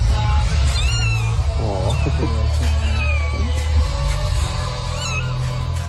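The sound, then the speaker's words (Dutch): Thin, high-pitched mews from a newborn kitten hidden behind the battery of a Volkswagen Up, heard by car mechanics in Oss while working on the car, come in a few short squeaky bursts, faint against steady music with a heavy low hum running underneath. “Naast de gezellige muziek horen we ook heel klein gemiauw.”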